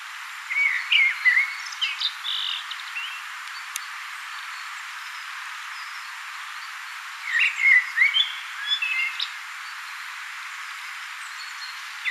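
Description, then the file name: Common blackbird song: two rich whistled phrases separated by a pause of several seconds, each finishing in a scratchy high flourish. "Turdus merula"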